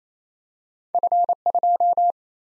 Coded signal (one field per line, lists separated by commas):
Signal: Morse code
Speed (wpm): 28 wpm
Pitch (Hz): 700 Hz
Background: none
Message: F2